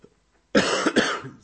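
Adult man. Cough, a recurring cough that is coming back.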